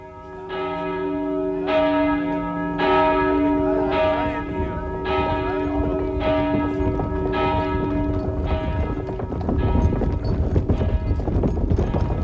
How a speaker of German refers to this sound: Als die Pferde sich ins Geschirr stemmten, begannen die Glocken zu läuten.